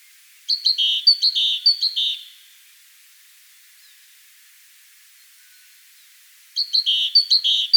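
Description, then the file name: Great tit giving two bursts of quick, clipped notes, separated by several seconds of quiet. "Parus major"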